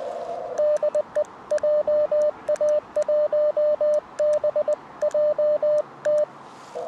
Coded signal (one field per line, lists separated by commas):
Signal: Morse code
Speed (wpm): 20 wpm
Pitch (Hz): 600 Hz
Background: radio noise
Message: DE JA1BJT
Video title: POTA CW P2P Park to Park QSO 初心者CW 現実はこんな厳しさが・・マニア向け JA-1229 砧公園 2023/10/22 アマチュア無線 VLOG 336